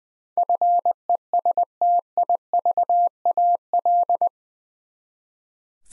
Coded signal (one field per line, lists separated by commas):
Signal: Morse code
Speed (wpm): 20 wpm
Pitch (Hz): 700 Hz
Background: none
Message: FESTIVAL